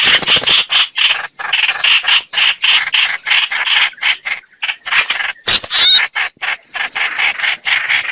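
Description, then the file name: Bird giving harsh, raspy chattering notes in quick bursts, about four a second, with short breaks and a brief louder squawk late on. "Tieng chim hoanh hoach"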